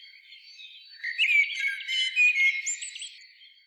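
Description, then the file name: Common blackbird song, one warbled phrase of mellow whistles running into thin, scratchy high notes before fading out. "Turdus merula"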